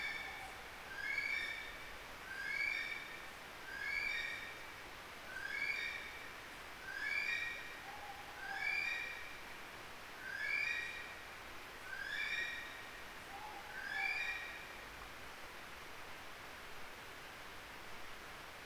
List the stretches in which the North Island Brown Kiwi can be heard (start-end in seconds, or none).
0.00-15.06